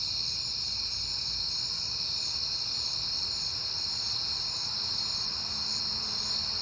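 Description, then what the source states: Crickets trill continuously in a bright, high chorus of overlapping pulses. Night, September; crickets heard often lately, recorded on a peaceful night.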